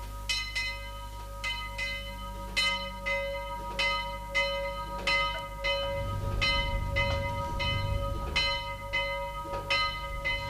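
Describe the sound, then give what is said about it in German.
Church bells peal for the last rosary in a steady, overlapping rhythm, bright metallic strikes ringing out over a low continuous rumble that grows rougher partway through. “Es läutet schon zum letzten Rosenkranz.”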